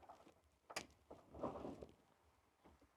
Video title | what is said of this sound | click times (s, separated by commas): Taillamp BUSTED! - Can it be replaced EASILY? - Full Tail Light Replacement | Okay, you heard that snap in, so that's good there. | 0.8 s